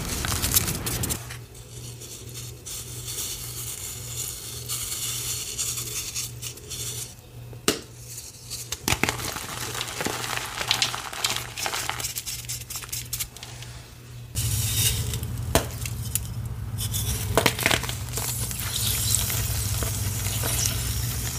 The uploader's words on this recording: A series of short gym chalk crushing videos.